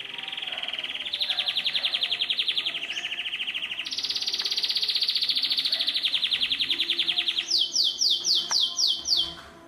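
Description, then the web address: Canary singing a long rapid trill that steps up and down in pitch, ending with a string of fast downward-sweeping notes. "Golchin Best Canari Seda Canari. Niyaz Music)"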